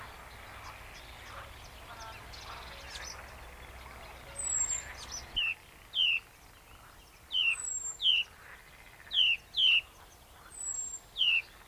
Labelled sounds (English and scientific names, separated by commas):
Icterine Warbler (Hippolais icterina) song